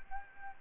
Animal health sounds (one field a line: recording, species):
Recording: mosquito wingbeat signal from an infrared sensor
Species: Aedes albopictus